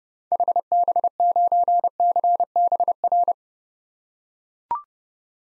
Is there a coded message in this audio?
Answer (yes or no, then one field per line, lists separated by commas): yes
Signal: Morse code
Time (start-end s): 0.3-3.3 s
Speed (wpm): 29 wpm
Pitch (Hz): 700 Hz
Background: none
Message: HB9CBR